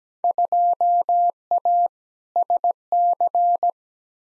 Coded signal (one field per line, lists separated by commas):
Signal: Morse code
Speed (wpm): 17 wpm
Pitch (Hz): 700 Hz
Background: none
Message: 2A SC